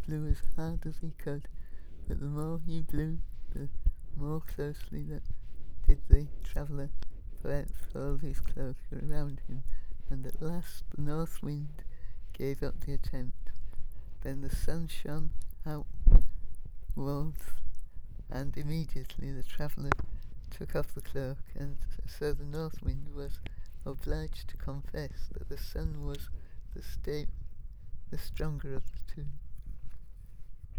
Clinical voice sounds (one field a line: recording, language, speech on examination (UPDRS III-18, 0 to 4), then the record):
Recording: text read into a phone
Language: English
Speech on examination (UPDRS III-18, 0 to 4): 2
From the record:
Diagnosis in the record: Parkinson's disease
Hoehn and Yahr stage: 3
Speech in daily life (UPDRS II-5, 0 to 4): 2